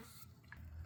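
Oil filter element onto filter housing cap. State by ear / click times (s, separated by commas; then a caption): not seated / none. A plastic oil filter element, with its new seals fitted and greased, is being handled toward the filter housing cap during an oil change on a 2019 Mercedes Sprinter van. Only faint, wet handling sounds and low background rumble are heard, and nothing has seated or clicked yet.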